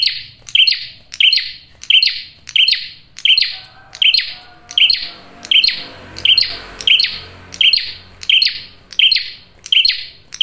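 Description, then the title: Prinia singing a steady series of loud, clipped chirps, roughly one every 0.7 seconds, over a faint low hum in the background. Male prenjak singing loudly and clearly in a tight series; used as a trapping lure (pikat) and to attract females (pancingan betina). "Masteran Duet Cililin Vs Kapas Tembak. PRENJAK JANTAN GACOR SUARA JERNIH, RAPET. " COCOK UNTUK PIKAT MAUPUN PANCINGAN BETINA ""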